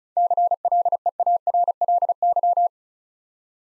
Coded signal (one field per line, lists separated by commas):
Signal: Morse code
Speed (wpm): 36 wpm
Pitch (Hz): 700 Hz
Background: none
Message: CLEARLY